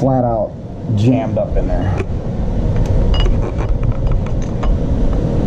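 Someone talks while the metal clutch pressure plate of a Ducabike install on a Ducati 1199 Panigale is pushed onto the clutch hub teeth; it must seat properly on the teeth or the clutch will not squeeze and stays jammed. Over a steady low rumble, sharp metallic clinks ring out at about 3.1, 4.3 and 4.6 seconds. Nothing has seated yet.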